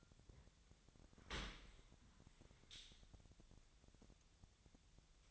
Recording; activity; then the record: daily activity, microphone in the room; open dishwasher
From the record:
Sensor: 3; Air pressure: 1006.8 hPa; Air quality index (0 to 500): 207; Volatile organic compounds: 19 ppm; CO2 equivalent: 2642 ppm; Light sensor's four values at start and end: 11/26/11/11 and 11/26/11/11